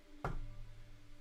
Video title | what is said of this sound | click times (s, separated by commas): BUILDING LEGO STAR WARS DEATH STAR - 75417 - FINALE | Hopefully it'll be a nice click. | 0.2 s